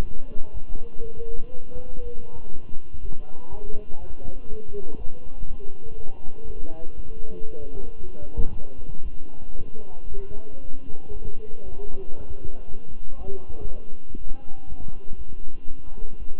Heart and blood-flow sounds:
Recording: heart sounds by stethoscope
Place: between the tricuspid and mitral areas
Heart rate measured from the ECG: 119 bpm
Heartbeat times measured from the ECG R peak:
0.03 s: heartbeat
0.52 s: heartbeat
1.02 s: heartbeat
1.53 s: heartbeat
2.03 s: heartbeat
2.52 s: heartbeat
3.01 s: heartbeat
3.50 s: heartbeat
4.00 s: heartbeat
4.49 s: heartbeat
4.97 s: heartbeat
5.46 s: heartbeat
5.96 s: heartbeat
6.46 s: heartbeat
6.95 s: heartbeat
7.47 s: heartbeat
8.00 s: heartbeat
8.51 s: heartbeat
9.03 s: heartbeat
9.55 s: heartbeat
10.08 s: heartbeat
10.61 s: heartbeat
11.13 s: heartbeat
11.64 s: heartbeat
12.16 s: heartbeat
12.67 s: heartbeat
13.17 s: heartbeat
13.67 s: heartbeat
14.17 s: heartbeat
14.68 s: heartbeat
15.17 s: heartbeat
15.67 s: heartbeat
16.18 s: heartbeat
From the record:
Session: walking at 3.7 km/h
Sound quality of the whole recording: good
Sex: male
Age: 23 years

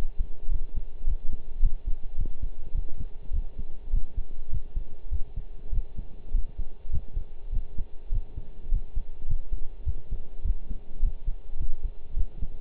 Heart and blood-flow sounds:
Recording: heart sounds by stethoscope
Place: between the tricuspid and mitral areas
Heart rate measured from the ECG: 103 bpm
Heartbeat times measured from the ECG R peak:
0.51 s: heartbeat
1.07 s: heartbeat
1.62 s: heartbeat
2.18 s: heartbeat
2.74 s: heartbeat
3.33 s: heartbeat
3.93 s: heartbeat
4.52 s: heartbeat
5.11 s: heartbeat
5.72 s: heartbeat
6.34 s: heartbeat
6.93 s: heartbeat
7.52 s: heartbeat
8.12 s: heartbeat
8.72 s: heartbeat
9.29 s: heartbeat
9.86 s: heartbeat
10.45 s: heartbeat
11.03 s: heartbeat
11.59 s: heartbeat
12.16 s: heartbeat
From the record:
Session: pedaling a stationary bicycle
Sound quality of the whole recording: partially saturated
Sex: male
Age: 23 years

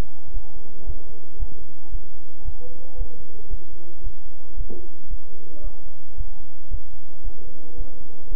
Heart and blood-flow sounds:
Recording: heart sounds by stethoscope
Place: between the tricuspid and mitral areas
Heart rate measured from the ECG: 113 bpm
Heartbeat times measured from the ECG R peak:
0.32 s: heartbeat
0.85 s: heartbeat
1.38 s: heartbeat
1.90 s: heartbeat
2.43 s: heartbeat
2.96 s: heartbeat
3.49 s: heartbeat
4.02 s: heartbeat
4.55 s: heartbeat
5.08 s: heartbeat
5.62 s: heartbeat
6.16 s: heartbeat
6.69 s: heartbeat
7.22 s: heartbeat
7.76 s: heartbeat
8.29 s: heartbeat
From the record:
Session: bicycle stress test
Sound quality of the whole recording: good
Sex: male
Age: 26 years

